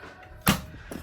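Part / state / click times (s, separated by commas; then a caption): magnetic catch on a small window shutter door closing against the shutter frame / seated / 0.5 s. A small hinged door in a window shutter, fitted so a cat can still sit on the windowsill and look out, is pushed closed against the shutter frame. Its magnetic catch snaps it shut with a sharp, loud click at 0.5 s, and the door is seated closed.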